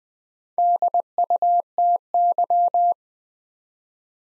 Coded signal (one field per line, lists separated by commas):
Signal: Morse code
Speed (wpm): 20 wpm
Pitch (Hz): 700 Hz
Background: none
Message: DUTY